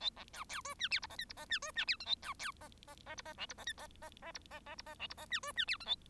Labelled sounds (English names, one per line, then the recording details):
Bengalese Finch song
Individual Bird1